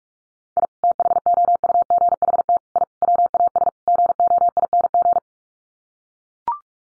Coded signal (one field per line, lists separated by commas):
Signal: Morse code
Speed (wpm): 44 wpm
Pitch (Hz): 700 Hz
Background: none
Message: I THOUGHT I WAS GOING